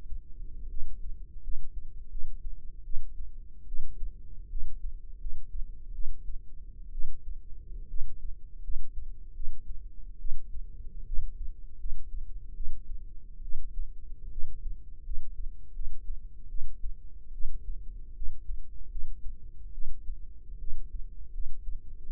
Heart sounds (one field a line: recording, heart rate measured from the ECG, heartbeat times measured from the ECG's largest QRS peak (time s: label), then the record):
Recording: heart sounds by microphone in the right ear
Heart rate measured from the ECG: 76 bpm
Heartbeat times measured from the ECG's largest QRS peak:
0.69 s: heartbeat
1.42 s: heartbeat
2.10 s: heartbeat
2.84 s: heartbeat
3.67 s: heartbeat
4.50 s: heartbeat
5.19 s: heartbeat
5.93 s: heartbeat
6.92 s: heartbeat
7.89 s: heartbeat
8.62 s: heartbeat
9.35 s: heartbeat
10.19 s: heartbeat
11.06 s: heartbeat
11.79 s: heartbeat
12.55 s: heartbeat
13.43 s: heartbeat
14.31 s: heartbeat
15.04 s: heartbeat
15.74 s: heartbeat
16.49 s: heartbeat
17.33 s: heartbeat
18.15 s: heartbeat
18.90 s: heartbeat
19.73 s: heartbeat
20.59 s: heartbeat
21.33 s: heartbeat
22.05 s: heartbeat
From the record:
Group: healthy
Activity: rest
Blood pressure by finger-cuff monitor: 107/67 mmHg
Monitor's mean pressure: 79 mmHg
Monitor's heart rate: 80 bpm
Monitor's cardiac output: 6.5 L/min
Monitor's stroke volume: 87 mL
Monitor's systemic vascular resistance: 870 dyn s/cm5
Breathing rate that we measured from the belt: 18 breaths a minute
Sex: female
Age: 22 years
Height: 157 cm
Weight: 47.6 kg